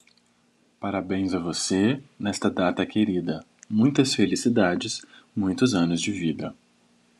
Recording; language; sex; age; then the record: short text; Brazilian Portuguese; male; 20 to 29 years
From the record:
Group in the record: control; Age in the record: 24 years